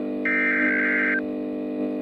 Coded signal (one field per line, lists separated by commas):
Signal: Emergency Alert System (SAME) tones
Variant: header bursts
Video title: EAS Scenario: The Great South Blizzard